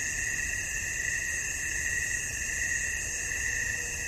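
Cricket: a brief stretch of high continuous trilling with gentle pulsing, nothing else standing out.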